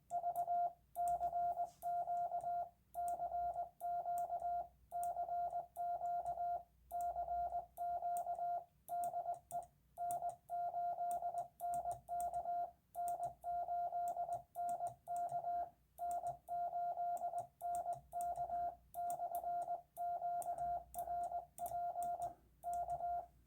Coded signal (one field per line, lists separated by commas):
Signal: Morse code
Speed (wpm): 20 wpm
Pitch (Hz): 700 Hz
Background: radio noise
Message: V CQ CQ CQ CQ DE N8NK N8NK N8NK /QRP K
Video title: My Ham Radio HF Listening Habits: a (NON!) typical day (AC power failure)